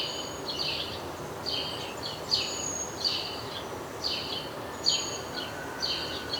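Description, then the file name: House sparrow giving several rasping double-toned chirps over constant background noise. "Passer domesticus"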